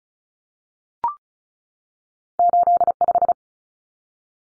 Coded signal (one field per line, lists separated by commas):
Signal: Morse code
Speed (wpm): 34 wpm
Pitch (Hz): 700 Hz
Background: none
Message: 85